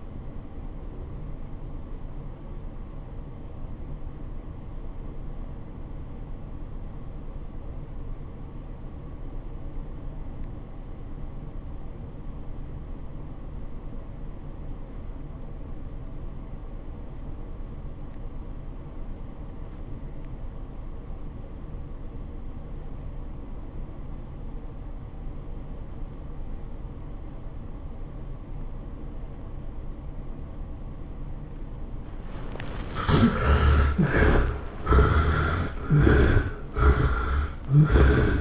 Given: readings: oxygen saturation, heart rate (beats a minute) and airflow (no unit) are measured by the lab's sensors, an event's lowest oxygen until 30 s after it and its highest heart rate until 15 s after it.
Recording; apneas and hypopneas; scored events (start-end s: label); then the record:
breathing in sleep by a smartphone at the bedside; 1
11.00-34.40 s: obstructive apnea (REM, oxygen 94% highest, then 58% lowest, heart rate 100 at the start, 114 highest)
From the record:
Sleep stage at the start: REM sleep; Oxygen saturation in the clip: 65 to 95%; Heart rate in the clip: 69 to 106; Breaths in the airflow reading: 4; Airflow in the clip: -17.7 to 14.9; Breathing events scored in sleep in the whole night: 403 in 5.5 hours asleep